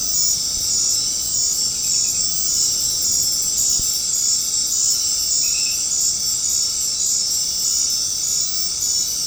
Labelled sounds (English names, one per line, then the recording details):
none
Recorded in dense forest near Puerto Asís, Putumayo, Colombia, on 13 March 2025 at 19:00
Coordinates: 0.500, -76.322
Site GP06